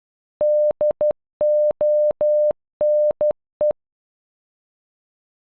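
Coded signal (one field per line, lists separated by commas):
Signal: Morse code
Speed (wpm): 12 wpm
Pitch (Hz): 600 Hz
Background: none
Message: DONE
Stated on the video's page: Software-generated Morse audio from an online Morse translator, spelling one word.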